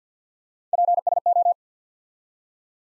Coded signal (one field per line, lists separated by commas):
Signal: Morse code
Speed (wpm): 50 wpm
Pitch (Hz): 700 Hz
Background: none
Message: PSO